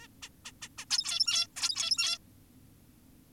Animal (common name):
Zebra Finch